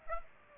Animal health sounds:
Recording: mosquito wingbeat signal from an infrared sensor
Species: Aedes aegypti

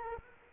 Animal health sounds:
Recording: mosquito wingbeat signal from an infrared sensor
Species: Culex quinquefasciatus

